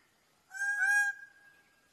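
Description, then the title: Bird-of-paradise giving a single loud, nasal, honking call with rich harmonics, lasting just over half a second. Master song used for training songbirds. "Kicau Master Cendrawasih"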